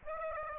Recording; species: mosquito wingbeat signal from an infrared sensor; Aedes aegypti